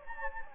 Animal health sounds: mosquito wingbeat signal from an infrared sensor; Anopheles gambiae

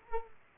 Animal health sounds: mosquito wingbeat signal from an infrared sensor; Culex quinquefasciatus

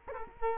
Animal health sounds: mosquito wingbeat signal from an infrared sensor; Culex quinquefasciatus

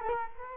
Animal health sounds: mosquito wingbeat signal from an infrared sensor; Culex quinquefasciatus

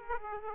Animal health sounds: mosquito wingbeat signal from an infrared sensor; Aedes aegypti

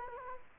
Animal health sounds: mosquito wingbeat signal from an infrared sensor; Culex quinquefasciatus

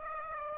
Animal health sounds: mosquito wingbeat signal from an infrared sensor; Aedes aegypti

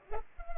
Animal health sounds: mosquito wingbeat signal from an infrared sensor; Culex pipiens

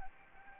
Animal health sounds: mosquito wingbeat signal from an infrared sensor; Anopheles gambiae

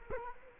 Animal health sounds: mosquito wingbeat signal from an infrared sensor; Culex quinquefasciatus

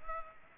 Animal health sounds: mosquito wingbeat signal from an infrared sensor; Culex pipiens

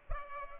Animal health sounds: mosquito wingbeat signal from an infrared sensor; Culex pipiens

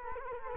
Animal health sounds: mosquito wingbeat signal from an infrared sensor; Culex quinquefasciatus

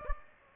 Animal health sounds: mosquito wingbeat signal from an infrared sensor; Aedes aegypti

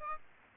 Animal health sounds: mosquito wingbeat signal from an infrared sensor; Aedes aegypti

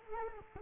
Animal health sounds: mosquito wingbeat signal from an infrared sensor; Culex quinquefasciatus

